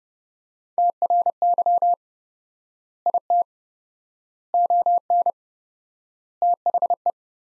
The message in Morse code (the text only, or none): TRY IT ON THE